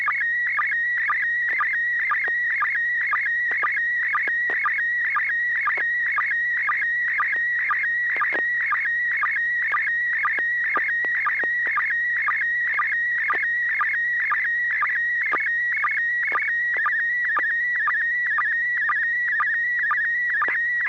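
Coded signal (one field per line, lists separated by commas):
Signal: SSTV (slow-scan television)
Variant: PD mode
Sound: warbling whistle around 1.9 kHz with rhythmic low chirps twice a second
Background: low hum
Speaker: Let me see if the tone is working. Yes, sir. Good tone. Proceed. Okay, this is PD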